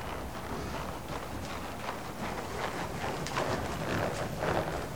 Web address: The BBC Sound Effects Library - Complete 60 CDs Collection Sound Effects Library (Horses # 2 and Dogs)